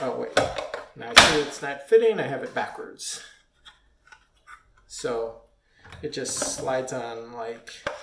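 A slide-on component is handled onto the body of an electric spinning wheel prototype while someone talks, with a few faint knocks of handling between the words. The part is first found to be on backwards, then turned and slid on. Nothing has seated or clicked yet when the clip ends.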